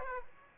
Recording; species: mosquito wingbeat signal from an infrared sensor; Aedes aegypti